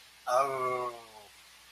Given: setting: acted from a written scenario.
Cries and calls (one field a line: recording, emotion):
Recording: vocal sound without words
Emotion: realization